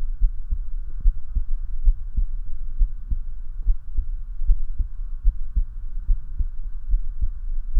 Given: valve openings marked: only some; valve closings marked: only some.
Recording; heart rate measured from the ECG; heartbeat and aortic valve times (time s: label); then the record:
heart sounds by stethoscope; 72 bpm
0.24 s: heartbeat (ECG mark)
0.28 s: aortic valve opens (echo mark)
0.53 s: aortic valve closes (echo mark)
1.08 s: heartbeat (ECG mark)
1.11 s: aortic valve opens (echo mark)
1.38 s: aortic valve closes (echo mark)
1.89 s: heartbeat (ECG mark)
1.93 s: aortic valve opens (echo mark)
2.20 s: aortic valve closes (echo mark)
2.82 s: heartbeat (ECG mark)
2.86 s: aortic valve opens (echo mark)
3.14 s: aortic valve closes (echo mark)
3.70 s: heartbeat (ECG mark)
3.74 s: aortic valve opens (echo mark)
4.00 s: aortic valve closes (echo mark)
4.51 s: heartbeat (ECG mark)
4.55 s: aortic valve opens (echo mark)
4.82 s: aortic valve closes (echo mark)
5.28 s: heartbeat (ECG mark)
5.32 s: aortic valve opens (echo mark)
5.59 s: aortic valve closes (echo mark)
6.11 s: heartbeat (ECG mark)
6.16 s: aortic valve opens (echo mark)
6.41 s: aortic valve closes (echo mark)
6.94 s: heartbeat (ECG mark)
7.78 s: heartbeat (ECG mark)
From the record:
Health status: healthy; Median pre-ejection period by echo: 41 ms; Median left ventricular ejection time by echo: 270 ms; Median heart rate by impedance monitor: 72 bpm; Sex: male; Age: 19 years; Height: 170 cm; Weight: 63 kg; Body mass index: 21.80